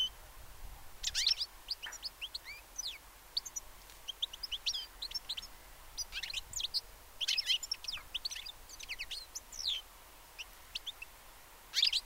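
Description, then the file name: European goldfinch twittering: a busy stream of high, liquid chirps and trills with louder bursts, continuing throughout. "Carduelis carduelis"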